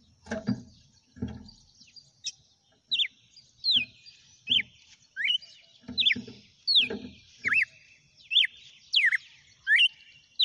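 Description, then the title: Red-cowled cardinal song: sharp downslurred whistled notes repeated more than once a second, mixed with low dull knocking thumps between phrases. "Canto Galo Campina Fêmea 07. GALO DE CAMPINA CANTANDO e BATENDO FOGO?"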